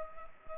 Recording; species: mosquito wingbeat signal from an infrared sensor; Culex pipiens